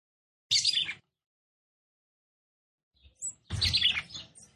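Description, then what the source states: Red-cowled cardinal song: one quick high chirping burst, a two-second silence, then a faint note and a longer, fuller phrase of rapid high twitters. Female song, described as fiery and nervous, used to stir up and excite a male.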